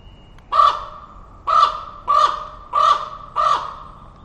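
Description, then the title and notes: Common Raven calls, five harsh croaking notes in quick succession, each with a strong tone and a rough upper edge, over a low steady background. Wild raven calling from trees in forest, moving from tree to tree; Totem Park; about 9:30am; overcast with light rain, breezy from southeast; falling tide. "A raven calling in the forest reminded me of a time I was walking through the park with visiting Australians"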